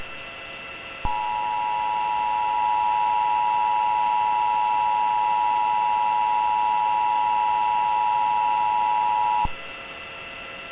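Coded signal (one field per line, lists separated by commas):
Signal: Emergency Alert System (SAME) tones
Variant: 853 and 960 Hz attention tone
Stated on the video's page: Fictional analog-horror EAS tornado scenario set in Mississippi.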